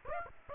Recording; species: mosquito wingbeat signal from an infrared sensor; Aedes aegypti